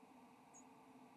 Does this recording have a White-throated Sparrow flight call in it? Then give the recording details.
no. Another species' flight call is heard. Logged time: 06:29 on 7 November 2014